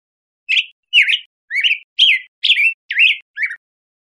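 Black-headed grosbeak singing seven rich, slurred whistled notes in a rolling series, each note rising or falling, roughly two per second.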